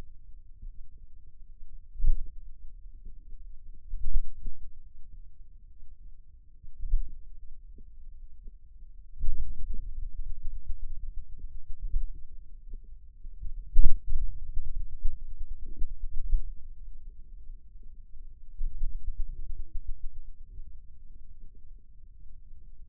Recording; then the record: forearm muscle sounds (acoustic myography)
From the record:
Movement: pen grasping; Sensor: system 2, bracelet of six BSWA MPA416 microphones around the upper forearm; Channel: 5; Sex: male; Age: 22 years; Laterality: right